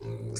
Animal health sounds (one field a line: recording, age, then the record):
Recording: pig call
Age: weaner (32 to 43 days)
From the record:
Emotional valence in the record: negative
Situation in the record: novel object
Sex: female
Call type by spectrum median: low-frequency call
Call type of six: mixed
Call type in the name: high-frequency modulated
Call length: 0.40 s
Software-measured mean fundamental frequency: 92 Hz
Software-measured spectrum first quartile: 187 Hz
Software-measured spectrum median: 719 Hz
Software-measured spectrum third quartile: 6409 Hz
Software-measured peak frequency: 396 Hz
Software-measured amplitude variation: 97 dB a second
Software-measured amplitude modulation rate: 16.3 a second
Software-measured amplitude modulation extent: 6.0 dB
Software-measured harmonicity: -0.3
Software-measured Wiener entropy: -5.84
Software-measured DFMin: 890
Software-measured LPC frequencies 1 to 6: 364, 2280, 4059, 4850, 5589, 6200 Hz